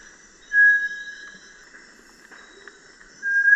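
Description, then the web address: Bartlett's tinamou, a clear level whistle near the start and another near the end, separated by a quiet gap. Recorded in the eastern lowlands of South America. "Natures Songs S America Eastern Lowlands. Bartlett's Tinamou"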